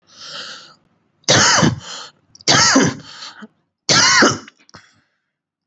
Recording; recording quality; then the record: heavy voluntary cough; excellent, no background noise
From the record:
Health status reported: COVID-19 positive, moderate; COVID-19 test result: positive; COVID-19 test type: RT-PCR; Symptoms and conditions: cough, cold, sore throat, fatigue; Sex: male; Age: 26 years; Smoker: no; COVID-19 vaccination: both doses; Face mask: not worn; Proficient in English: yes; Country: India